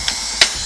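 With an Oster Titan electric hair clipper running after cleaning and oiling, a detachable metal blade is snapped onto its hinge. Two sharp snaps sound at 0.1 s and 0.4 s, the second louder, over a steady high-pitched hiss. The blade seats on the clipper.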